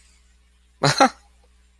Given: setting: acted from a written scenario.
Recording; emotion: vocal sound without words; positive surprise